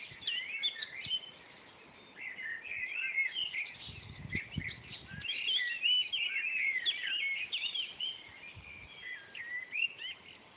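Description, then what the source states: Eurasian blackbird song of rich whistled phrases in quick succession, with a brief low rumble partway through. Several blackbirds recorded at 5 a.m. in June 2011.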